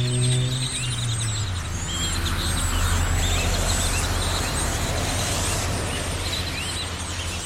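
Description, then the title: Birds chattering in a dense flock, many overlapping high squeaks and whistles, over a loud low hum. Birds perched on electrical lines, Austin, Texas, USA, January 2012; binaural, made while cycling through the USA. "Birds on electrical lines - Binaural field recording, Austin, Texas, 01 2012"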